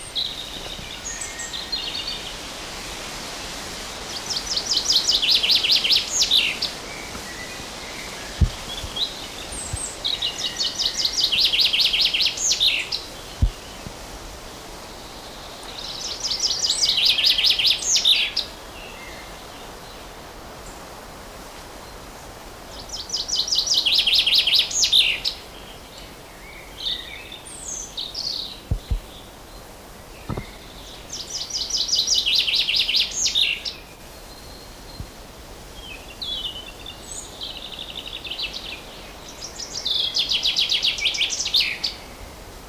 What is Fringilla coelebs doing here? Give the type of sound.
song